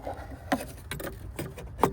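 A replacement "LED looking" xenon headlight bulb is twisted into the headlight housing socket of a 2009 Saab 9-3 Aero XWD, making a series of small ticks and scrapes at about 0.5, 0.9, 1.0 and 1.4 seconds. A sharper click follows at 1.8 seconds, but the bulb is in without being fully seated, and twisting continues.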